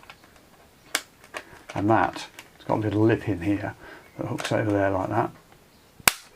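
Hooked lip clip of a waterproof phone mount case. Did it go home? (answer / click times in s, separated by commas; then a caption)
yes / 6.1 s. A hooked lip on an Ultimateaddons Universal Tough waterproof motorcycle phone mount case is hooked over its edge and pressed into place while someone talks. A few faint taps and a sharper click near 1.0 s come before a single loud snap at 6.1 s as the lip seats in place.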